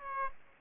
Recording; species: mosquito wingbeat signal from an infrared sensor; Aedes aegypti